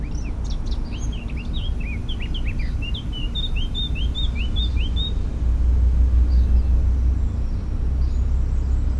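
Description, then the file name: Eurasian blackcap song: a brisk series of sharp, varied slurred chirps, while a deep rumble swells louder in the second half. "Sylvia atricapilla"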